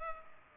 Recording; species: mosquito wingbeat signal from an infrared sensor; Culex pipiens